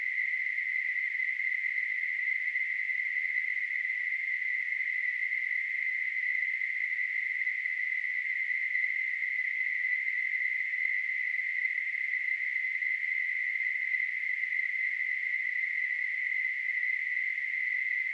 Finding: Tinnitus.